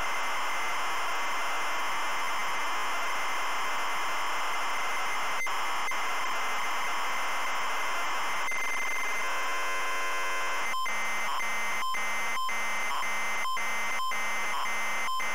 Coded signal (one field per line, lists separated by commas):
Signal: ZX Spectrum tape loading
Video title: ZX SPECTRUM Loading Pipe Mania 1990 Empire Software